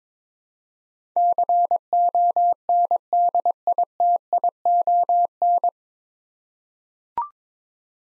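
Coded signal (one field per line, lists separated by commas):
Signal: Morse code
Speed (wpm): 21 wpm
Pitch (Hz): 700 Hz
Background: none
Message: CONDITION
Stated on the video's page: Head-copy Morse drill of nine-letter words at 22 wpm, each word sent, spoken, then sent again.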